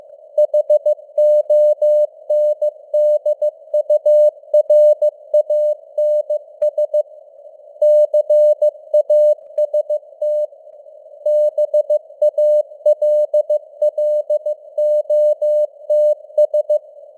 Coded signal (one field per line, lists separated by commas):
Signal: Morse code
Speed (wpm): 15 wpm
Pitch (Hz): 600 Hz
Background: none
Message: HONDURANS CAST BALLOTS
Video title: Morse Code News | 2025-12-01 | 15wpm